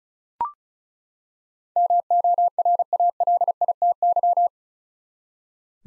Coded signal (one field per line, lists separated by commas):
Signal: Morse code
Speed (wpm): 36 wpm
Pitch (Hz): 700 Hz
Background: none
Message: MORALITY